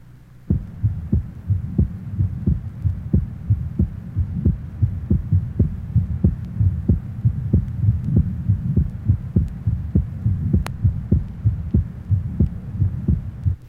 Age 16, normal loud second heart sound, left sternal border area.